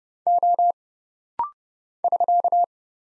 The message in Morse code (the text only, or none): O <SK>